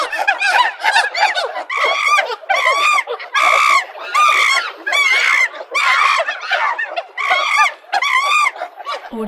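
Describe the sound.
Monkey calls: a steady stream of loud, honking, harmonic cries, each wavering up and down in pitch, closing with a low grunt.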